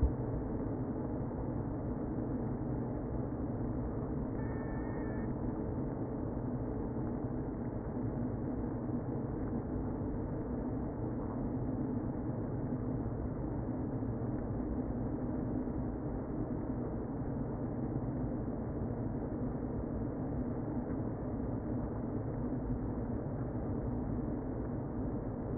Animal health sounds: honeybee colony, microphone inside the hive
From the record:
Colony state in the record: queen present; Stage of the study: before two queens were removed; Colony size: about 60,000 bees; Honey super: yes

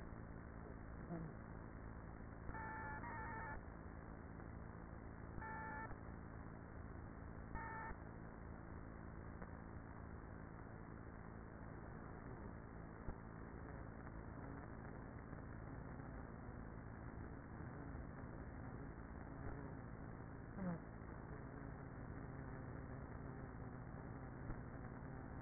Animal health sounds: honeybee colony, microphone inside the hive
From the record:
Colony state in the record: queenless with a low population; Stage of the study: after two queens were removed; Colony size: about 30,000 bees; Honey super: no

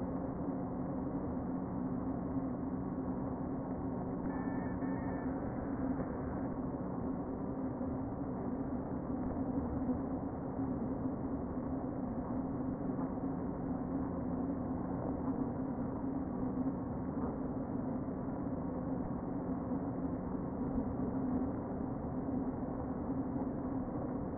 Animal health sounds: honeybee colony, microphone inside the hive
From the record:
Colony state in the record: queen present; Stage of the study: before two queens were removed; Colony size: about 60,000 bees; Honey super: yes

